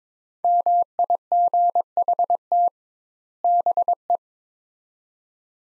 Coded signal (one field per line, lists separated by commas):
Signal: Morse code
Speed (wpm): 22 wpm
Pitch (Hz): 700 Hz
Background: none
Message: MIGHT BE